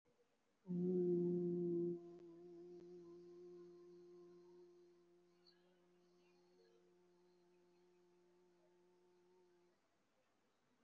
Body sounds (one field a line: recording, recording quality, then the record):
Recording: sustained vowel as in boot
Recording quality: excellent, no background noise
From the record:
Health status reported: COVID-19 positive, mild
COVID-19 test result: positive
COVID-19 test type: RT-PCR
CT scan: not taken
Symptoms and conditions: fever, loss of smell and taste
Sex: female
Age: 48 years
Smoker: no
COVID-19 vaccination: both doses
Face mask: worn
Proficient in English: yes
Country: India